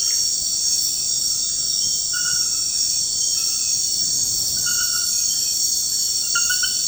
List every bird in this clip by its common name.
none